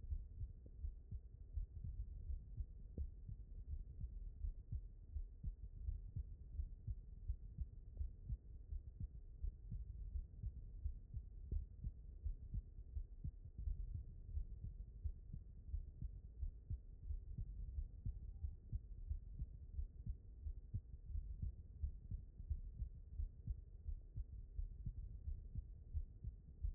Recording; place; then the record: heart sounds by stethoscope; aortic valve (AV)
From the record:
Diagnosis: non-HFrEF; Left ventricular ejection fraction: 71%